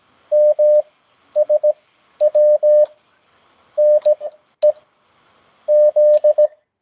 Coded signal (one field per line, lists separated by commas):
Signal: Morse code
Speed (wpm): 17 wpm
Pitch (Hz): 600 Hz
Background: none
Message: MSW NEZ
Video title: The seventh COOL CW Practice aired on the 10th Oct 2024